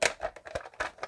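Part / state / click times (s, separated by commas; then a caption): plastic fin piece into the rear of a toy vehicle / not seated / none. A plastic fin piece is handled at the back of a Kenner Batman & Robin toy vehicle, ready to be pushed in. Short, crisp plastic rustles and light taps are heard, with sharper contacts at about 0.1, 0.6, 1.0 and 1.1 seconds. The fin has not snapped into place yet.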